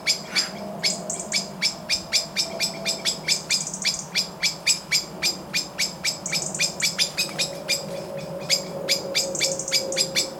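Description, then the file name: Common blackbird calls: quick sharp ticking notes repeated about four times a second, with short high buzzy bursts scattered through and a faint low tone underneath. "Turdus merula"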